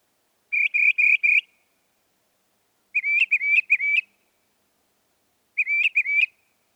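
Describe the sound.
Northern mockingbird song: three separate bursts of rapid chirped notes, first four even chirps, then wavering upslurred notes, each burst followed by a short pause.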